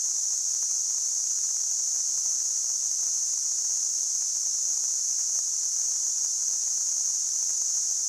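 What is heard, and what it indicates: A simulated tinnitus sound.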